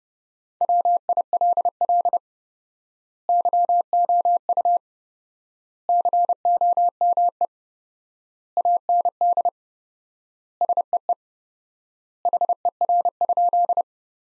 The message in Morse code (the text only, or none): WILL YOU COME AND SEE HER?